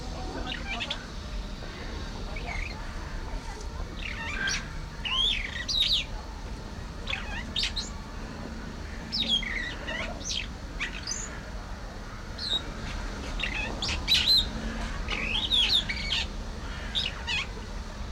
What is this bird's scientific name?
Lamprotornis regius